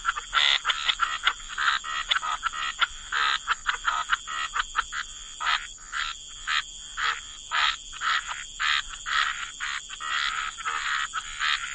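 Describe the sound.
Frog chorus: a flurry of short clicking croaks at first, then slower spaced buzzy calls, all over a constant high whine.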